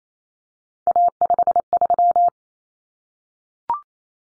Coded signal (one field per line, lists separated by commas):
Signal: Morse code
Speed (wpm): 28 wpm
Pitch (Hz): 700 Hz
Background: none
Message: A53